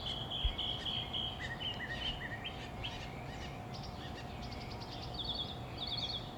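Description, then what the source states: Birds in a dawn chorus: whistled phrases, chirps and repeated high trills over a steady low hum. Dawn bird chorus in summer, Phoenix, Arizona.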